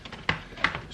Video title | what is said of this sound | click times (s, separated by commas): Rebuilding a Wrecked Honda S2000 With 80k Miles Part 5 (Copart Rebuild) | just snap it into place there we go | 0.3 s